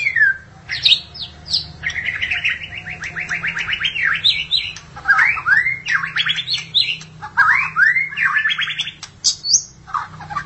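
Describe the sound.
Magpie-robin or shama song: quick repeated trilled notes, then looping downslurred and upslurred whistles, phrases following each other without pause.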